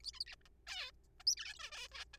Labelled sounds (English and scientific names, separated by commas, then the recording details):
Zebra Finch (Taeniopygia guttata)
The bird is a juvenile
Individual R3428